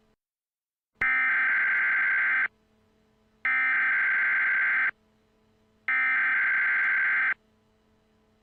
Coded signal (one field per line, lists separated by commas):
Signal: Emergency Alert System (SAME) tones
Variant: header bursts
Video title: EAS Mock Airplane Disaster! UPDATED